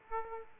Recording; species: mosquito wingbeat signal from an infrared sensor; Aedes aegypti